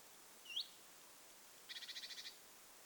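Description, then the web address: Great tit calls: one rising high note, then a short rapid stuttering series of about nine buzzy pulses. Young bird calling, recorded 21 July 2026. "paivat 21 7 2026 kuvien nuori talitiainen aantelee"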